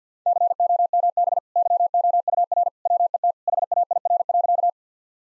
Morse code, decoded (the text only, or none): COMB YOUR WET HAIR.